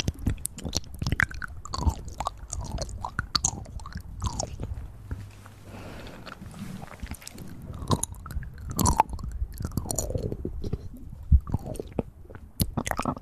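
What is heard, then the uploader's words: Breathy ear triggers: wet clicking, chewing-like mouth sounds tapping out irregularly, with a soft airy breath swelling in the middle. Ear Breathy Triggers.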